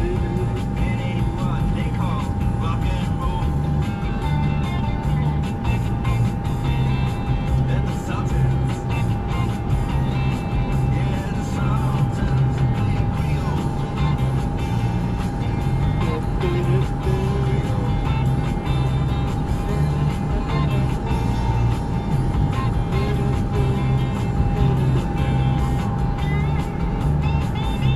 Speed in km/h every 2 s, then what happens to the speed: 69, 77, 82, 87, 90, 93, 95, 95, 97, 98, 98, 98, 98, 98.
0-10 speeds up to 93. 10-28 steady at about 98.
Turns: none.